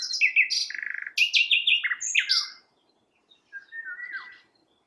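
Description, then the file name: Common nightingale song: a rich run of varied phrases, sharp whistles, a buzzy rattling trill and slurred notes, a short pause, then a softer whistled phrase. "Luscinia megarhynchos"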